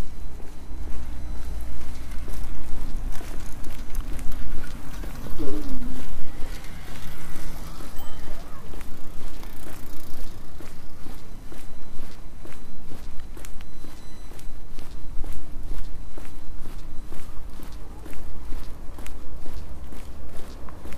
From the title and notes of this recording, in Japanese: 歩いている音。Walking.